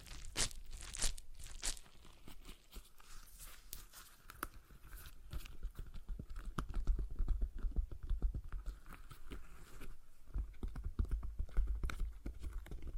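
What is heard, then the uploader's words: Stress ball being squeezed and kneaded, giving a dense run of crinkly, crackling and squishy pops. Bright bursts cluster in the first few seconds, then the crackle settles into a fast, steady patter with soft low thumps through the last half. ASMR Relaxing Stress Ball Sounds (No Talking).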